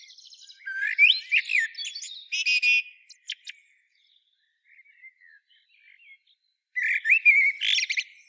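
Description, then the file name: Common blackbird pouring out squeaky twittering notes, a long phrase at the start, soft scattered notes in the middle, and another burst near the end. "Turdus merula"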